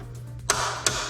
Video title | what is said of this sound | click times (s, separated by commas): chamberlain wall garage door opener installation step-by-step | we hit the click | 0.5 s